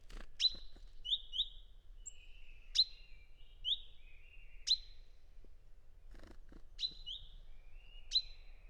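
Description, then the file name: Great tit calling: crisp downward-swept 'pink' notes every second or two, alternating with doubled high chirps and brief buzzy trailing sounds, a few faint clicks. "szencinege hangja"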